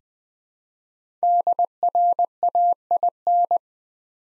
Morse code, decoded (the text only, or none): DRAIN